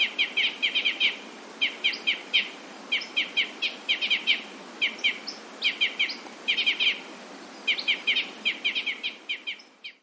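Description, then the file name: Red crossbill calling with hard, metallic 'jip' notes in rapid clusters, repeated throughout, with faint steady hiss behind. "isuka"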